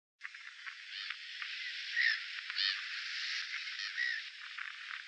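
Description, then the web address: Grey-headed gull calls, layered nasal honking squawks from many birds calling together, with a few louder hoarse cries rising above the steady chatter. "cantos gaviocapugris"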